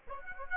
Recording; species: mosquito wingbeat signal from an infrared sensor; Aedes aegypti